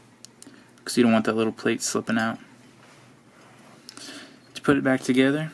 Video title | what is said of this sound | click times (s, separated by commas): CZ82 review and how to change the firing pin. | and make sure that it clicks into place | 0.2 s